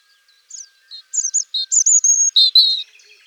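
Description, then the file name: European robin singing a sweet high phrase: sparse opening notes, then quick warbling trills and sustained whistles, with no other sounds. "Jean Roch - Rougegorge"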